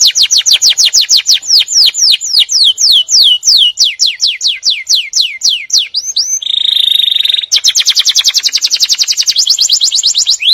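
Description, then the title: Atlantic canary song with a long run of rapid falling whistled notes, then a brief harsh buzz and a fast, even high trill. "Kenari"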